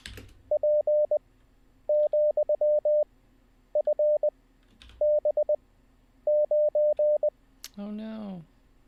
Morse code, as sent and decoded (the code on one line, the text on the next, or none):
.--. --..-- ..-. -... ----.
P,FB9